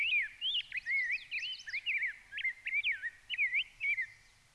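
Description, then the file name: Rose-breasted Grosbeak song, a sweet run of rolling whistled notes that swoop up and down in quick succession. Song, recorded in Minnesota. "RBGR SONG MN - Rose-breasted Grosbeak - Pheucticus ludovicianus"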